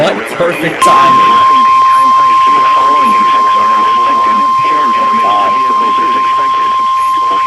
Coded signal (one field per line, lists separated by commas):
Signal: Emergency Alert System (SAME) tones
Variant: 1050 Hz attention tone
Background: speech